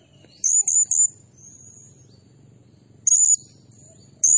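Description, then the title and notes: Blue-crowned hanging parrot giving a quick run of three high piercing notes, then a longer shrill trill, and another starting at the end. Tutor (masteran) and lure (pemikat) recording of an actively calling (gacor) bird, described as 'nembak' (shooting notes) and said to agitate all birds. "Burung Serindit Nembak Gacor Bikin Emosi Semua Burung. Suara Nasteran Dan Pemikat Burung Serinditan Gacor"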